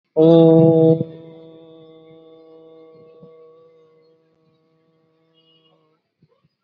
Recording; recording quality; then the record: sustained vowel as in boot; excellent, no background noise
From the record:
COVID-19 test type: RT-PCR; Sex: male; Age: 56 years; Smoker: no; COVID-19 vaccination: both doses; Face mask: worn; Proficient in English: yes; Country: India